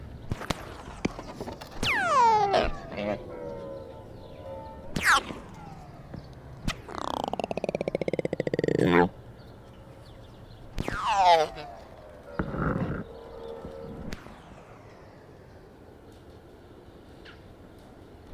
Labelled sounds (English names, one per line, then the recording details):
Mule Deer call
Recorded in captivity
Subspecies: hemionus
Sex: male
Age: adult
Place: Tierpark Berlin, Berlin, DE
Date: 1967-12-02 13:00
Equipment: R 20/1, Sennheiser MD 421
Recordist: Tembrock, Günter